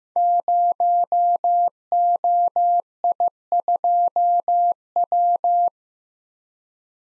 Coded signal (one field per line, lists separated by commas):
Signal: Morse code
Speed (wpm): 15 wpm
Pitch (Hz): 700 Hz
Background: none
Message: 0OI2W